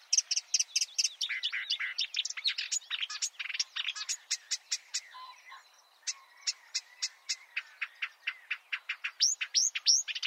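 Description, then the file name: Marsh warbler in a lively stream of quick chirps and trills, a short softer pause, then steady rapid clicks and whistles. "suara-kicauan-burung-marsh-warbler -omkicau"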